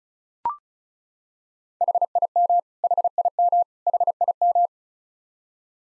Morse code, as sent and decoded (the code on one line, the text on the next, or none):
.... .. -- / .... .. -- / .... .. --
HIM HIM HIM